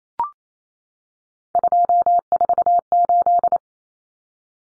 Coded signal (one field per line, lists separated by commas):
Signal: Morse code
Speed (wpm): 28 wpm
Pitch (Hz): 700 Hz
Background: none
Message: 248